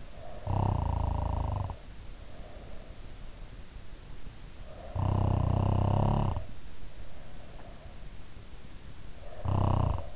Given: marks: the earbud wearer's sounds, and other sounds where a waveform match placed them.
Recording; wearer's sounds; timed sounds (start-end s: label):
sounds in sleep by an in-ear microphone; snoring breath
0.00-2.85 s: snoring breath
4.74-7.82 s: snoring breath
9.37-10.16 s: snoring breath